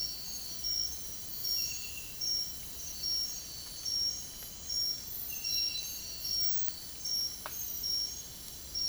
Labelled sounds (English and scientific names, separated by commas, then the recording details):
none
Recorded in dense forest near Puerto Asís, Putumayo, Colombia, on 22 June 2025 at 04:00
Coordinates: 0.503, -76.323
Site G059